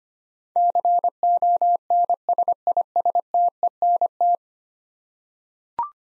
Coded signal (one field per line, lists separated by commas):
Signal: Morse code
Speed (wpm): 25 wpm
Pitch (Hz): 700 Hz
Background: none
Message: CONSISTENT